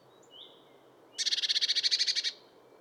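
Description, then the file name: Eurasian blue tit churring: a single harsh rattling burst of quick pulses lasting about a second, after a soft high thin note. "Cyanistes caeruleus"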